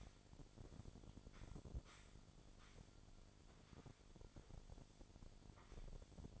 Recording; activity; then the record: daily activity, microphone in the room; sweep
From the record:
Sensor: 5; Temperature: 26.3 degrees Celsius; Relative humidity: 38.1%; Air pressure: 1007.1 hPa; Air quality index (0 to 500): 179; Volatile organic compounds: 5 ppm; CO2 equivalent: 1708 ppm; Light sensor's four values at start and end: 56/159/62/62 and 56/158/61/62